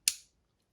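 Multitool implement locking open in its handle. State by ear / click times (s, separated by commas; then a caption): seated / 0.1 s. A multitool's tool arm is opened all the way in its handle until the lock engages with one sharp, bright click at 0.1 s that fades out by about 0.3 s. The implement is now locked open and firmly fixed.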